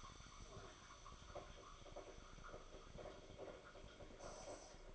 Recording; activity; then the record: daily activity, microphone in the room; make coffee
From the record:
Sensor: 5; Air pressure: 995.3 hPa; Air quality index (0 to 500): 96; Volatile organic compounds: 5 ppm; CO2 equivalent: 1819 ppm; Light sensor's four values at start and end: 26/63/25/25 and 26/63/25/25